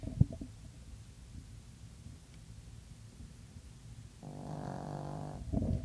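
A low rumbling background, then one longer buzzing snore from a sleeping dog: ordinary dog snoring.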